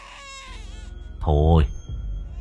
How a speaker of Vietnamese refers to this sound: Tiếng trẻ con khóc choe choé vang lên trong khe núi. Mặc dù đám cậu tẩy biết cái con này là ma nhà rồi, ấy thế nhưng mà nghe tiếng trẻ con khóc vang lên trong đêm giữa núi rừng thế này, tự nhiên cũng rùng mình cảm thấy trần trợn.